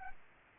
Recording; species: mosquito wingbeat signal from an infrared sensor; Anopheles arabiensis